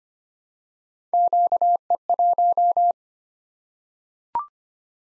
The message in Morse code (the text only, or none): QE1